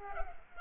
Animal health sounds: mosquito wingbeat signal from an infrared sensor; Culex pipiens

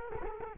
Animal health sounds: mosquito wingbeat signal from an infrared sensor; Culex quinquefasciatus

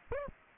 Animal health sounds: mosquito wingbeat signal from an infrared sensor; Aedes aegypti

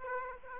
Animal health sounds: mosquito wingbeat signal from an infrared sensor; Aedes aegypti

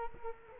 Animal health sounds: mosquito wingbeat signal from an infrared sensor; Culex quinquefasciatus

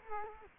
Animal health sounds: mosquito wingbeat signal from an infrared sensor; Culex quinquefasciatus

